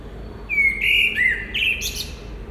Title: Marolles, 1000 Bruxelles, Belgique - Résidence Sainte-Gertrude - Merle - Blackbird